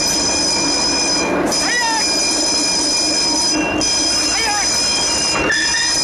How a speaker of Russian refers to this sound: Трамвай останавливается, открываются двери, Юра забегает в салон.